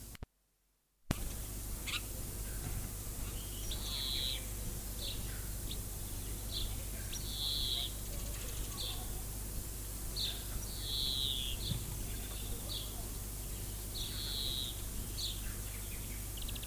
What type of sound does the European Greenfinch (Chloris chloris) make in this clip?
call